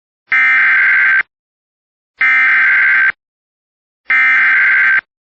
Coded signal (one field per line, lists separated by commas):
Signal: Emergency Alert System (SAME) tones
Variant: header bursts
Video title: [EAS] Severe Thunderstorm Watch 549 for East of Bemidji (7/27/25)